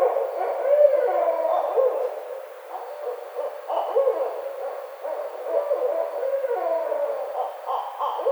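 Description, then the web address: Barred owl calls run almost continuously, a mix of low hoots and wavering, cackling notes with no pause. Recorded 29 May 2009. "Barred Owl 2009 05 29 Barred Owl"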